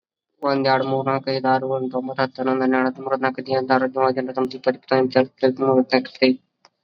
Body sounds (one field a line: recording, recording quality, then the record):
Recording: counting at a fast pace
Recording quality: excellent, no background noise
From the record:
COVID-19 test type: RT-PCR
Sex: male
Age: 21 years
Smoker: no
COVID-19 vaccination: both doses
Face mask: worn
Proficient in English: yes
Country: India